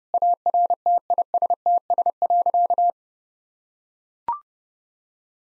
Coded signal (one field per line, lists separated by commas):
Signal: Morse code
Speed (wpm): 30 wpm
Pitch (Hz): 700 Hz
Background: none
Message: ARTISTS.